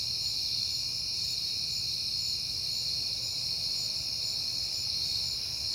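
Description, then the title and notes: Crickets maintain an even, shrill trilling drone throughout, a faint low hum behind them. At night in September, on a peaceful night. "Night Time: Crickets and Passing Cars. It is September and I have been hearing the crickets a lot"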